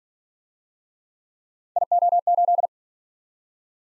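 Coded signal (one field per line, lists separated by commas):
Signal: Morse code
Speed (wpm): 48 wpm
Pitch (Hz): 700 Hz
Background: none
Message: IO8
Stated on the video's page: Speed-racing Morse practice of three-character letter-number combinations, starting fast and slowing to a 40 wpm base, with a final repeat at maximum speed.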